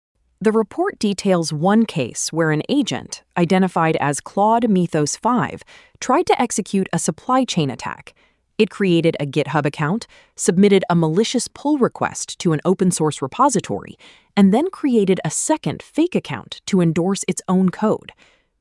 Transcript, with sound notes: The report details one case where an agent, identified as Claude Mythos 5, tried to execute a supply-chain attack. [with emphasis] It created a GitHub account, submitted a malicious pull request to an open-source repository, and then created a second fake account to endorse its own code.